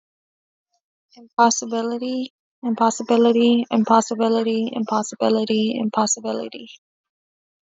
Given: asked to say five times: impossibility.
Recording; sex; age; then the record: repeated word; female; 20 to 29 years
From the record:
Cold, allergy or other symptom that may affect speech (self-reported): no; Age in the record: 25 years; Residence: Arizona, United States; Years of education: 12